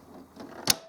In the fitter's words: I clipped in nicely and